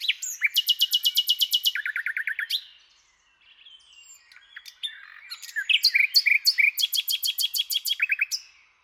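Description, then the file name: Common nightingale song with rapid repeated notes that drop into lower chirps, a brief pause, then varied whistles and another fast repeated series. "Luscinia megarhynchos"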